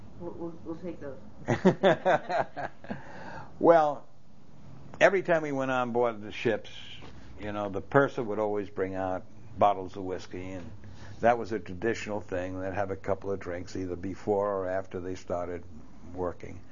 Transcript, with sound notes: We'll take those.
( they laugh ) Well, every time you went on board the ships, you know, the purser would always bring out bottles of whiskey, and that was a traditional thing, to have a couple of drinks either before or after they started working.